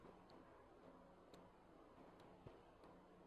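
A second EEG electrode for the Syrebo brain-computer interface hand rehabilitation robot is handled and twisted into its matching holder on the electrode cap. Over a steady low hum, only faint light ticks are heard at about 0.3 s and 1.3 s, with a few softer taps later. Nothing has seated or clicked yet.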